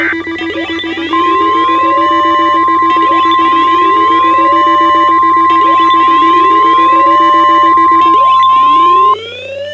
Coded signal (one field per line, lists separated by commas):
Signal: Emergency Alert System (SAME) tones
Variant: 1050 Hz attention tone